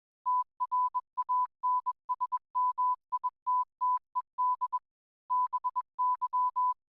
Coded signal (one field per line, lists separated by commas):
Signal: Morse code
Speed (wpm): 21 wpm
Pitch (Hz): 1000 Hz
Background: none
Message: TRANSMITTED BY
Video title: Surf Life Saving Tasmania Radio Network